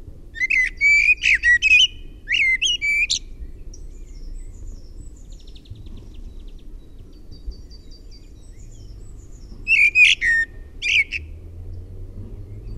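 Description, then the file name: Common blackbird song: two warbled, fluty phrases, a long pause, then another phrase near the end, over a low rumble. "MUSTARASTAS"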